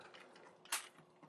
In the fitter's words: now clip that into place and there you go that arm's locked into place